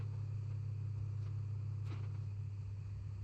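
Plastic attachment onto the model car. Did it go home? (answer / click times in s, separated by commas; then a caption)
no / none. A plastic attachment is pressed onto a '49 Mercury police patrol model car to test whether it snaps on without glue. A steady low hum runs throughout, with only faint soft touches near 1.3 and 1.9 seconds. Nothing has seated or clicked yet; the part does not pop into place, so plastic glue is used instead.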